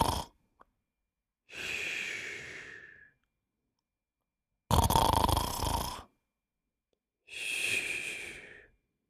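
Slow breaths of about a second and a half each, separated by silent pauses. One breath is a loud, rough, rattling snore. The others are softer, airy, rasping breaths. Adult male snoring.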